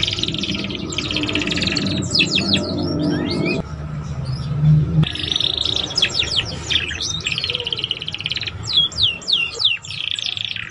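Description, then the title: Belgian canary song of quick chirps and short buzzy trills, broken into bursts with small gaps, over a faint low background hum. Belgian canary song played to warm up young canaries and stimulate them to start singing and chirping quickly. "Canto Para Esquentar Canário Belga. SUARA KENARI PAUD CUIT CUIT BELAJAR BUNYI - pancingan kenari paud muda agar cepat bunyi dan ngeriwik"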